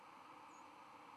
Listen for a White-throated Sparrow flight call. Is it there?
yes